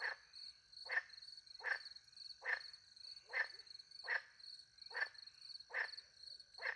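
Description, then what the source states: Frog giving harsh croaks that repeat in a steady series, set against a constant shrill cricket chorus. Night, countryside in France, beside a little pond, with crickets; microphones hidden in a tree, two Usi pro microphones into a Mixpre 10 II recorder.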